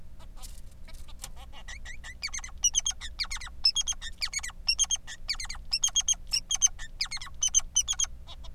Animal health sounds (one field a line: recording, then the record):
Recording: song of a male Bengalese finch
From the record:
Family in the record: son of father 3